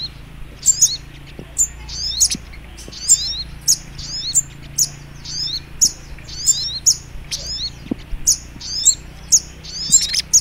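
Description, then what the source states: Little Spiderhunter: high-pitched song of short twittery bursts of slurred notes in quick succession, with a few sharp clicks mixed in. Masteran training recording, labelled Labaik.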